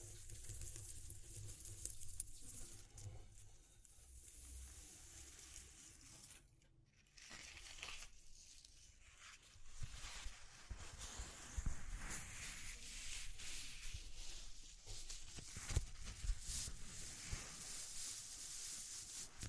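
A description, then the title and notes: ASMR texture sounds: a steady run of crisp rubbing, scratching and light tapping, bright and dense throughout. The activity pauses briefly around seven seconds, then resumes with soft patters, a sharp tap near sixteen seconds, and low thumps underneath. ASMR Exploring Textures (No Talking).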